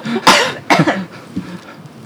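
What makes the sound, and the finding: Voluntary cough.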